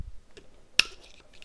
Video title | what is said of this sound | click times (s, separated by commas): Comment faire la vidange et remplacer les joints spy de fourche Yamaha YBR 125 | et là on vérifie qu'il est bien clipsé donc vous faites bien le tour et vous vérifiez qu'à tous les endroits il est rentré dans la gorge | 0.8 s